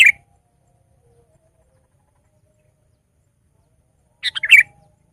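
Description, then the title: Sooty-headed bulbul: the tail of a phrase at the very start, a quiet stretch, then a short chirpy phrase of a few warbled notes. "kutilang"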